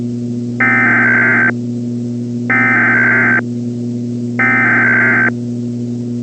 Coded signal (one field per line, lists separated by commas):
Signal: Emergency Alert System (SAME) tones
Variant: header bursts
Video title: The Infection (EAS Scenario)